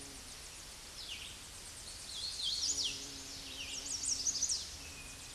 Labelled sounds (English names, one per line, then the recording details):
Hooded Warbler song
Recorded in a Pennsylvania forest on 16 May 2024 at 08:24
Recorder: AudioMoth, point MSD-0079
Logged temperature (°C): 16.1 °C
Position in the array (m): 176 m, 115 m